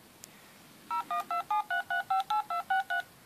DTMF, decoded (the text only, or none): 01273358263